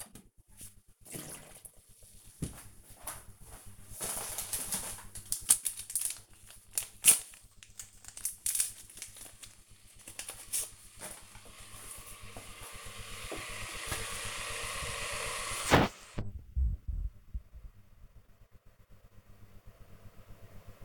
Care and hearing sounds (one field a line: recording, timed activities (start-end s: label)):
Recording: household activities, microphone on the right wrist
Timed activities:
0.00-20.85 s: making tea